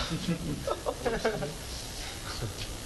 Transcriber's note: laughter